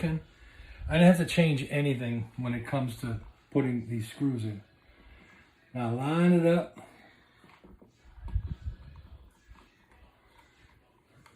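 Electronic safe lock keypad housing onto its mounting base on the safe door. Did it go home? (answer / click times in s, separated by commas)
no / none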